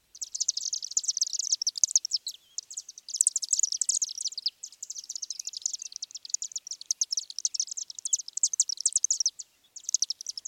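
Chimney Swift calls: high, dry, buzzy chippering in rapid bursts, almost continuous with brief pauses.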